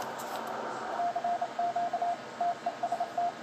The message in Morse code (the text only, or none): CQ TEST